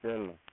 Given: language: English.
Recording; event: throat vibration sensor signal played as sound; speech